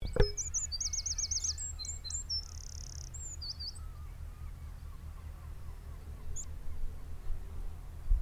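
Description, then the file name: Eurasian wren singing a brief burst of high, fast trills and sharp chips at the start. Afterwards only a low, constant rumbling hum continues. "Troglodytes troglodytes"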